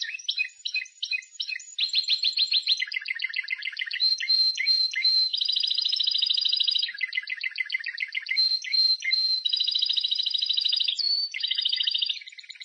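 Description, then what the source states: Canary song of fast trilled rolls, switching between ringing high trills and lower buzzy rattles, flowing almost without a break. Timbrado breed.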